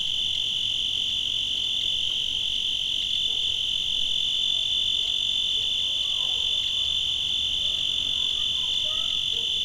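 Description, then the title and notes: Cricket call as one long, even, piercing trill, with faint scattered chirps from other small callers in the background. Made in Tavira, Tangier, Lima and Bhubaneswar. "ACA - Grabaciones de campo. Grillo. grabaciones hechas en tavira, tangier, lima, bhubanshwar"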